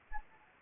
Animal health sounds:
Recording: mosquito wingbeat signal from an infrared sensor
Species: Anopheles gambiae

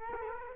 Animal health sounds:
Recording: mosquito wingbeat signal from an infrared sensor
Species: Culex quinquefasciatus

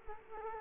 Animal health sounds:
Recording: mosquito wingbeat signal from an infrared sensor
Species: Culex quinquefasciatus

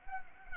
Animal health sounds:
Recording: mosquito wingbeat signal from an infrared sensor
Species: Anopheles arabiensis

